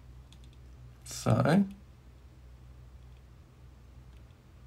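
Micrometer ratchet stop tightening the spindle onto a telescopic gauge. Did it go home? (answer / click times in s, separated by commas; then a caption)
yes / 0.3 s, 0.4 s, 0.5 s. A steel micrometer's ratchet stop tightens the spindle onto a telescopic gauge held between the anvils at its high point. The ratchet slips with quick clicks at about 0.3, 0.4 and 0.5 seconds, giving a constant measuring force for the reading. Someone talks briefly around 1.2–1.7 seconds.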